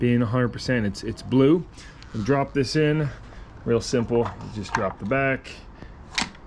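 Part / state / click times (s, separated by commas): e-bike battery pack into frame battery mount / seated / 6.2 s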